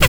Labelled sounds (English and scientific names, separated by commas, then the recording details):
Zebra Finch (Taeniopygia guttata) tet call
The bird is a male
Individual mal9